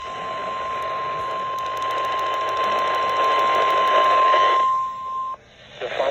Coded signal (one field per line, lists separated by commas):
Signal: Emergency Alert System (SAME) tones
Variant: 1050 Hz attention tone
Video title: EAS Special Marine Warning